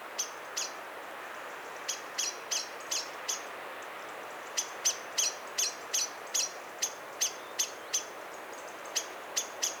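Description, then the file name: Common blackbird giving sharp chink calls, a few at first, then a longer run of repeated clicks, with a faint hiss underneath. "Turdus merula"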